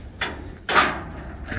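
The metal slam latch on the side gate of a 20-foot hybrid dump utility trailer with 2-foot sides catches as the gate is flung open hard. After a softer broadband noise near 0.2 s, one sharp metallic hit rings out at 0.7 s. The latch locks the gate into place and holds it open.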